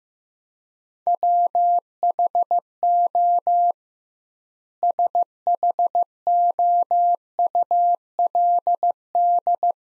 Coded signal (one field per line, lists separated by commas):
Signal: Morse code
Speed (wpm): 15 wpm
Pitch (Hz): 700 Hz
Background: none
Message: WHO SHOULD